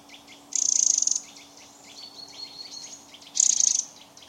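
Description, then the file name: Eurasian wren giving two short, dry, high-pitched rattles about three seconds apart, with faint thin notes and a low steady hum between them. "Troglodytes troglodytes"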